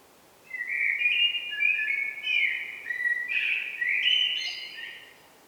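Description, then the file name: Eurasian blackbird giving a continuous warbling, whistled phrase of about five seconds, wavering up and down in a mid-high pitch, with quieter high notes above. "Turdus merula"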